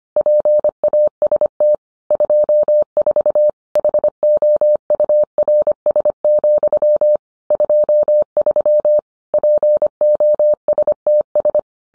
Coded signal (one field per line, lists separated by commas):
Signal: Morse code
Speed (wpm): 25 wpm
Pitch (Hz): 600 Hz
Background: none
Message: PAST 24 HOURS, 23 POSTS